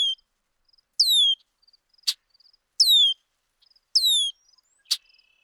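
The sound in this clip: Bird calls: three high descending whistles with two sharp clicks between them and soft faint ticking.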